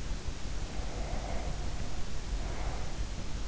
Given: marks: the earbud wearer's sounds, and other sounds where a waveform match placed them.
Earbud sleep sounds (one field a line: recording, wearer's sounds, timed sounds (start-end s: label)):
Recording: sounds in sleep by an in-ear microphone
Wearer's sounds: breath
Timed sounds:
0.14-3.36 s: breath